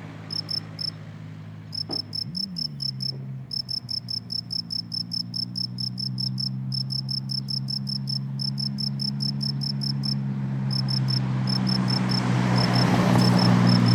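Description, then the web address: Cricket chirping, short pulsed chirps repeated rapidly in bursts with brief pauses, over a steady low hum that grows into rushing noise near the end. "college-alain-crozon grillon"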